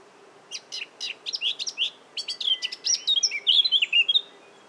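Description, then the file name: Eurasian blackcap song, starting with spaced scratchy notes that quicken into a chattering warble and end in loud, fluty whistled flourishes; a faint steady hum underneath. "Sylvia atricapilla"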